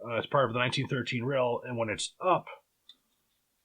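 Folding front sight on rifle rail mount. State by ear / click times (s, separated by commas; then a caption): seated / 2.9 s. Someone talks as the folding front sight on the 1913 rail of a KAC M110 SASS rifle is flipped up. It locks in the raised position with a short, sharp click at 2.9 s, unlike the original sights, which did not lock.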